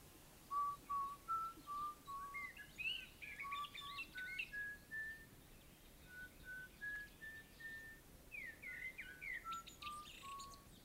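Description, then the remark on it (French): A person whistles a steady melody of clear, high tonal notes, short held pitches stepping up and down with a few quick trills, continuing alone over a faint background hiss. “Hey, tu siffles bien.”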